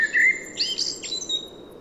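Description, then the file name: Common blackbird, a short fluty whistle, then a few thin, high squeaky notes that fade away. "Turdus merula"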